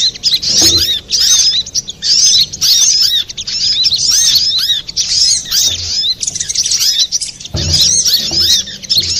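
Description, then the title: Little spiderhunter song in bursts of fast, high twittering arched notes about every second or two, with occasional low knocks. Used to train cage birds; Indonesian name sogok ontong, labelled labaik. "Masteran Burung Sogok Ontong Labaik"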